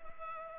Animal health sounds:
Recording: mosquito wingbeat signal from an infrared sensor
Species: Culex pipiens

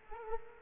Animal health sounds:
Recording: mosquito wingbeat signal from an infrared sensor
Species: Culex quinquefasciatus

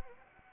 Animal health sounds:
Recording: mosquito wingbeat signal from an infrared sensor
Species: Anopheles arabiensis

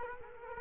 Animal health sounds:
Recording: mosquito wingbeat signal from an infrared sensor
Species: Culex quinquefasciatus

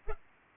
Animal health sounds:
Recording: mosquito wingbeat signal from an infrared sensor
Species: Culex pipiens

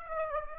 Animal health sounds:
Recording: mosquito wingbeat signal from an infrared sensor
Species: Aedes aegypti

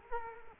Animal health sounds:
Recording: mosquito wingbeat signal from an infrared sensor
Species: Culex quinquefasciatus

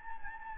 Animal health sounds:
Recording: mosquito wingbeat signal from an infrared sensor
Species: Anopheles gambiae

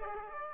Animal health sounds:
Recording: mosquito wingbeat signal from an infrared sensor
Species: Aedes aegypti

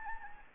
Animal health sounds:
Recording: mosquito wingbeat signal from an infrared sensor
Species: Anopheles gambiae

